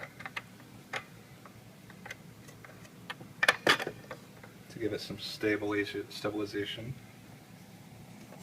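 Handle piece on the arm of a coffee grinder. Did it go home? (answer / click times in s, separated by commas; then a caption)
no / none. During reassembly of a Gaggia MDF coffee grinder, a plastic handle is handled and pushed onto its arm, giving short ticks and a cluster of sharp knocks around 3.4–3.8 s while someone talks. Nothing has seated or clicked into place yet.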